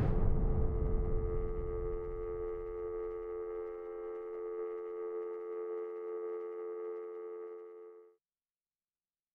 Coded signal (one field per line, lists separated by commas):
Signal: telephone call progress tone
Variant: North America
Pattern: dial tone